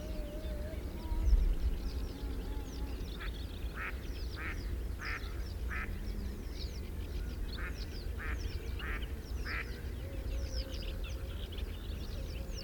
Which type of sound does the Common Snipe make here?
call